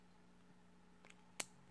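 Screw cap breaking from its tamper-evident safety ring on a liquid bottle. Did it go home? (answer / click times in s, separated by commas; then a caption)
released / 1.4 s. The screw cap of a new e-liquid bottle is twisted open, and its tamper-evident safety ring breaks away with a single sharp pop at 1.4 s, after a faint tick near 1.1 s over a low steady hum. The safety ring is separated and the cap is released.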